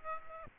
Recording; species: mosquito wingbeat signal from an infrared sensor; Aedes aegypti